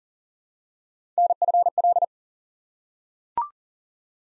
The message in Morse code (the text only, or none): NFL